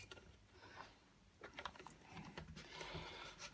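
A beveled plastic piece of a Dyson DC40 vacuum cleaner's dust canister, found to be the wrong way round, is flipped and pressed into the canister assembly. Brief handling rustle is broken by short plastic knocks and taps, with a cluster of them between about 1.4 and 1.9 seconds. Nothing has seated or clicked yet; the piece fails to snap into place.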